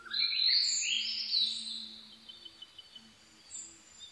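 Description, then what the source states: Blue-and-white flycatcher song: loud whistled phrases, then a run of short quick notes, over a faint low hum. Recorded 22 May 2011 at 04:34.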